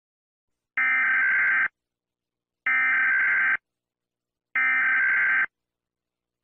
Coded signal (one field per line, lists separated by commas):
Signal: Emergency Alert System (SAME) tones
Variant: header bursts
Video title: EAS Scenario: Mikey the Meanie Monster